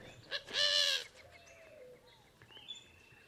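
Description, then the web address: Bird call: one loud, harsh, harmonic note lasting about half a second, followed by faint thin whistles over steady background noise. "Deverinetal 2025 File origin Bird Only"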